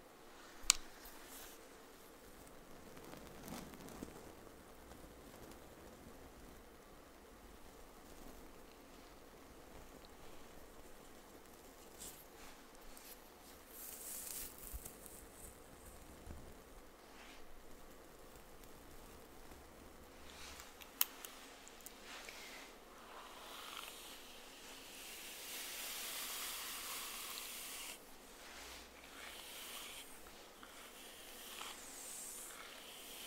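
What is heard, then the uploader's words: Hair brushing, heard as soft, hissy strokes that come and go over a quiet, steady background. Brighter swishes stand out around 14 seconds and a longer one from about 25 to 28 seconds, with sharp clicks near the start and at 21 seconds. ASMR Hair Brushing.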